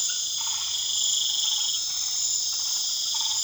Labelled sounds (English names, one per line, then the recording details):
none
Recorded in pastures near Puerto Asís, Putumayo, Colombia, on 12 March 2025 at 22:00
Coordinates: 0.487, -76.322
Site G077